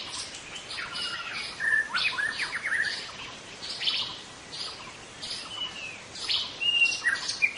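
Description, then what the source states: White-rumped shama song with scattered whistled notes and short slurred phrases between pauses, over background hiss. In forest.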